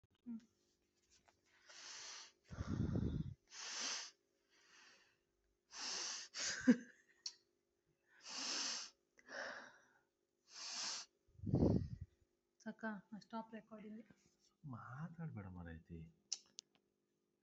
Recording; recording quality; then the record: shallow breathing; moderate, slight background noise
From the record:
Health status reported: recovered from COVID-19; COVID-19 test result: positive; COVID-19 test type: RT-PCR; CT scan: not taken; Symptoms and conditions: cough, cold, sore throat, muscle pain, diabetes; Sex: female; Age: 42 years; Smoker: no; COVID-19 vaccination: both doses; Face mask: worn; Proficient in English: yes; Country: India